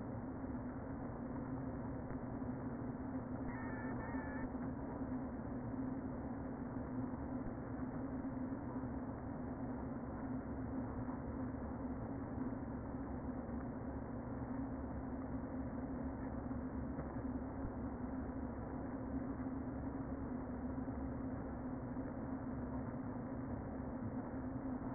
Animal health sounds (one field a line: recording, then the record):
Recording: honeybee colony, microphone inside the hive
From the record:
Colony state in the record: queen present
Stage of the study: before two queens were removed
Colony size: about 60,000 bees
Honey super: yes